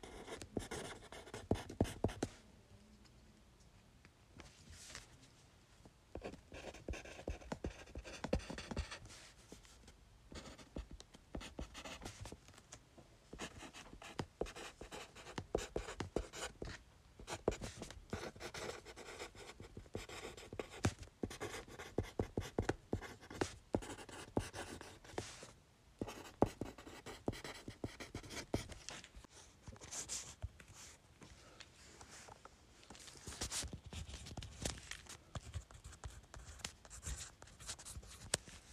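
Fast writing on paper: a pen scratches in quick, dense bursts of short strokes, bright and papery, with brief pauses between flurries. The pace stays busy through the whole stretch, with a few sharper taps and knocks near 26 seconds and again around 30.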